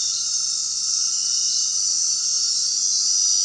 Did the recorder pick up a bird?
no